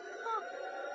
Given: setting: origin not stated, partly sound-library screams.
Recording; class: one-second piece from a danger detection set; woman in danger